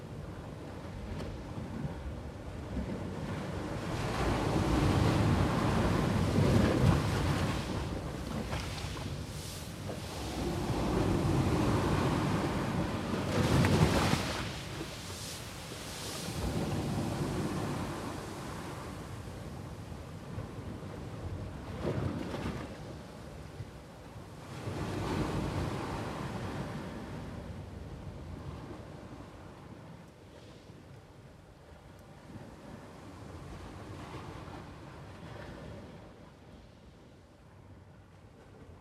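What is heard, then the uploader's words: Waves roll in on Gjipe's shore with a coastal breeze, swelling every few seconds around 5, 11, 14 and 25 seconds, then gradually softening. Coastal breeze, Gjipe. The coastal breeze dances with the gentle waves of Gjipe's sea. Recorded in Gjipe, Albania by Rafael Diogo.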